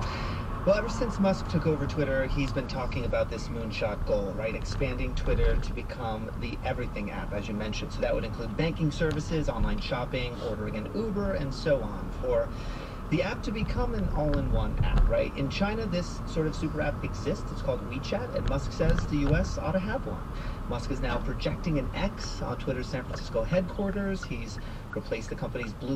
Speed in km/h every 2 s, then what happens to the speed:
21, 16, 16, 18, 16, 19, 23, 21, 19, 19, 19, 16, 13.
0-8 steady at about 16. 8-11 speeds up to 23. 11-20 steady at about 19. 20-26 slows to 13.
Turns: 6-10.